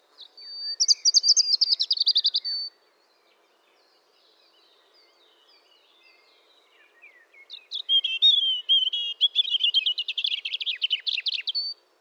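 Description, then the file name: European robin singing two high, rapidly trilled phrases separated by a pause of several seconds, with faint thin notes in between. "Erithacus rubecula"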